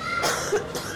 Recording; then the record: coughing mixed with background sound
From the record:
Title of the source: 30 Chesty and wet cough